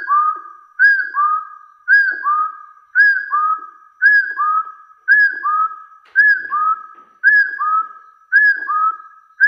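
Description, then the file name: Hill partridge giving paired whistles, a higher note followed by a lower upslurred one, repeated roughly every second without other sounds. "Tieng ga so nui"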